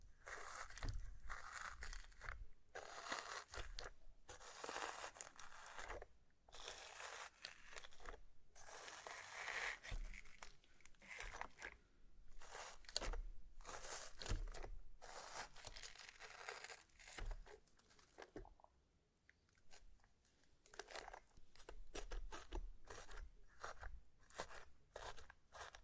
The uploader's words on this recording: ASMR SLIME! 5 Satisfying Slimes.